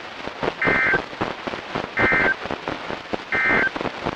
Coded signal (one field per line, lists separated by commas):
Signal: Emergency Alert System (SAME) tones